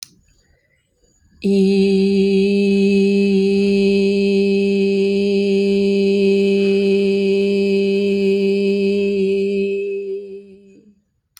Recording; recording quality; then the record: sustained vowel as in beet; excellent, no background noise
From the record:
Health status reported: healthy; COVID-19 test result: negative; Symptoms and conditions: none ticked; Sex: female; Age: 55 years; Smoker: not ticked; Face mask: not worn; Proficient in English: yes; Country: India